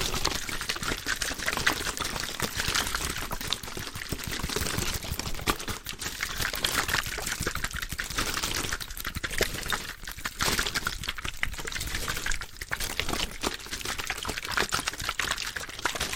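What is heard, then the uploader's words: Water bottles are shaken in a steady, dense stream of sloshing and crackling plastic, bright and hissy throughout. Quick clicks and taps run through it with no pauses, the level holding even across the whole sixteen seconds. ASMR Rhythmic Triggers with Waterbottles (Shaking, Tapping) No Talking.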